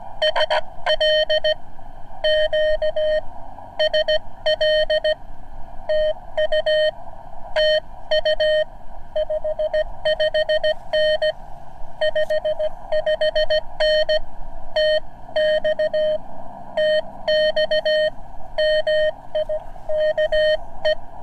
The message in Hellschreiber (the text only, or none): none